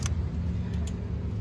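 During a clutch disc replacement on a 2013 Suzuki Ertiga, a push-fit connector or clip on the clutch assembly is being handled before it is pressed into place, while someone talks over a low, steady hum. A brief sharp tick is heard at about 0.9 s, but nothing has seated or clicked home yet.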